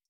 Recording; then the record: hydrophone in a shrimp aquaculture tank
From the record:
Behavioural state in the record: feeding